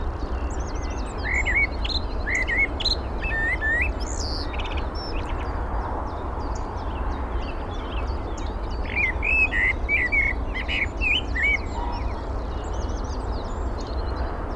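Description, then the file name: Eurasian blackbird giving short mellow warbled phrases in two bouts, with a busy chorus of higher-pitched small birds and constant low background rumble. "Turdus merula"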